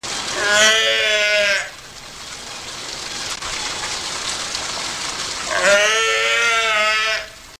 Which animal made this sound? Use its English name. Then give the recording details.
Brown Fur Seal. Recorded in captivity. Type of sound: call. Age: juvenile. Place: Zoo Berlin, Berlin, DE. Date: 1986-01-03 11:50. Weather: overcast, 3°C, no wind. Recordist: Tembrock, Günter